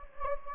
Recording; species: mosquito wingbeat signal from an infrared sensor; Anopheles gambiae